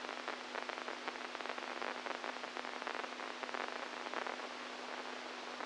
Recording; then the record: brain microelectrode recording played as sound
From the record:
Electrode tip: inside the subthalamic nucleus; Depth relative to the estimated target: -1 mm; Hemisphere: right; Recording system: NeuroSet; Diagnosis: Parkinson's disease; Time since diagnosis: 10 years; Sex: male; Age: 65 years